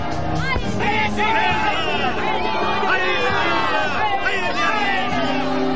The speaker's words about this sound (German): Der Triumphzug ist wirklich ein schöner Triumphzug. Der Beifall ist ohrenbetäubend und vor lauter Raserei des Volkes merkt keiner, dass der Kranz des Triumphators nicht aus Lorbeeren gewunden ist.